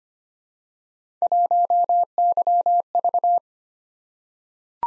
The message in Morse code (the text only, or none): 1YV